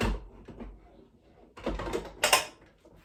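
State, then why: Seated. A second plastic Nuna Pippa Lite LX infant car seat is lowered onto the other side of the car seat adapter on a Bugaboo Donkey twin stroller, with soft shuffling and bumping as it is lined up. It clicks home with two sharp snaps at 2.2 and 2.3 seconds, and the seat is seated.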